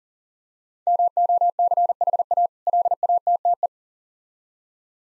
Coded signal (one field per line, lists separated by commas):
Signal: Morse code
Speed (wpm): 40 wpm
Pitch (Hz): 700 Hz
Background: none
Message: MOCHA LATTE